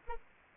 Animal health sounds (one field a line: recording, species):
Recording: mosquito wingbeat signal from an infrared sensor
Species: Anopheles gambiae